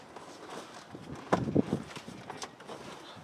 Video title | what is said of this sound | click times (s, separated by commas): Cigarette Lighter or Power Outlet Socket Removal - 2000-2006 Tahoe, Suburban, Silverado or Similar | just press and you'll you'll hear it snap into place like | 1.3 s